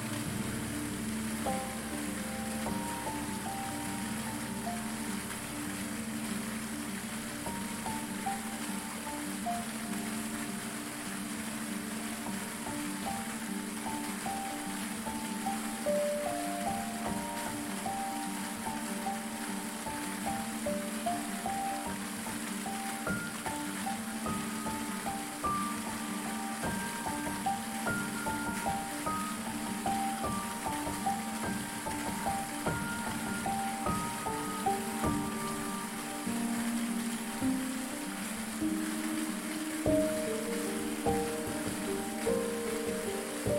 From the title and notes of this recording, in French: CHUTE D'EAU sur les ROCHERS avec MUSIQUE. Le son d'une chute d'eau tombant sur les rochers avec de la musique.